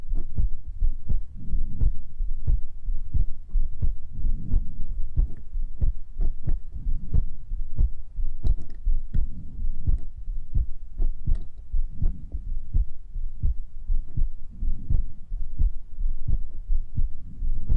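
An adult's normal heartbeat with breathing, heard close up at about 87 beats per minute.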